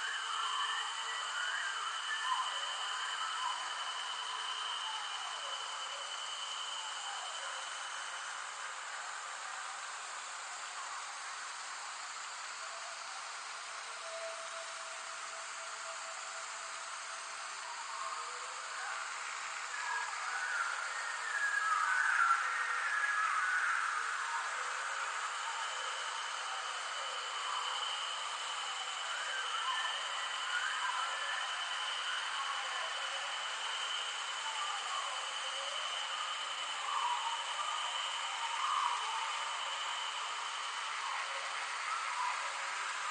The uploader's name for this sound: The Soothing Sounds of the Costa Rica Jungle